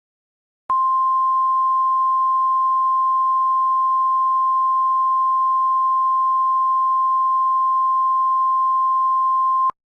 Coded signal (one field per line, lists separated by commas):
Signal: Emergency Alert System (SAME) tones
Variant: 1050 Hz attention tone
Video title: EAS scenario #1: The Blood Moon